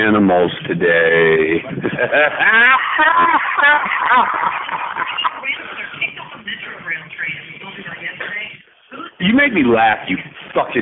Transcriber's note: laughter